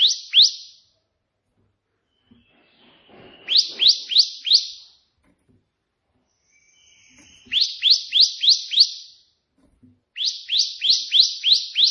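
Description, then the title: Prinia song: bursts of five or six sharp, rising high notes in quick series, repeated after short pauses, with faint low clicks between bursts. Prenjak putih, three song variations (tembakan) offered as tutor songs (masteran) for training pet prenjak. "3 VARIASI TEMBAKAN prenjak putih ini COCOK untuk masteran prenjak anda"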